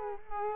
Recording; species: mosquito wingbeat signal from an infrared sensor; Culex quinquefasciatus